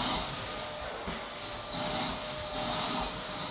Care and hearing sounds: daily activity, microphone in the room; vacuum cleaning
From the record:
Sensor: 3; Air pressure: 1002.0 hPa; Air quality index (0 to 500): 248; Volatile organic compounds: 52 ppm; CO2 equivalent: 3321 ppm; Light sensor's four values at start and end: 11/35/15/13 and 12/35/15/13

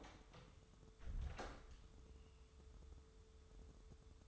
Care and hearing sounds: daily activity, microphone in the room; close door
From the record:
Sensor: 3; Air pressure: 1015.1 hPa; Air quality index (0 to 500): 103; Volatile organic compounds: 3 ppm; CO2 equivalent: 1422 ppm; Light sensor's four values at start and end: 15/39/16/17 and 15/39/16/17

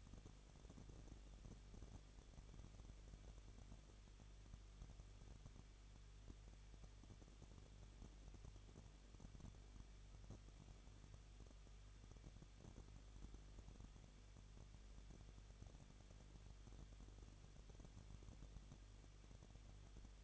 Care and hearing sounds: daily activity, microphone in the room; no activity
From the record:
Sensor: 4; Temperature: 23.1 degrees Celsius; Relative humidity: 34.0%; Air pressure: 1007.2 hPa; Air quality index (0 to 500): 216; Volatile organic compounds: 15 ppm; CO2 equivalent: 2489 ppm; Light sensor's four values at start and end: 2/3/1/1 and 2/3/1/1

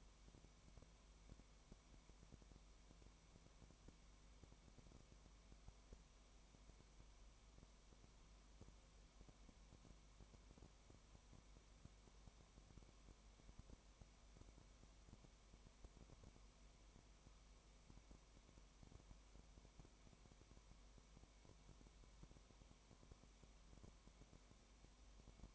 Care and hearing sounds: daily activity, microphone in the room; no activity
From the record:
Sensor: 1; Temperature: 19.0 degrees Celsius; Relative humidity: 34.1%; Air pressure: 1001.3 hPa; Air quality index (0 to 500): 82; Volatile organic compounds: 1 ppm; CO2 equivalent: 817 ppm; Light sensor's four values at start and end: 1/2/1/1 and 1/2/1/1

